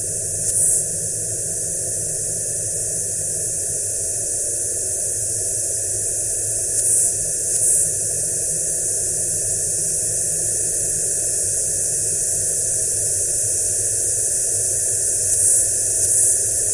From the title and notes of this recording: Fortuna, Murcia. Field recordings. Night of San Juan.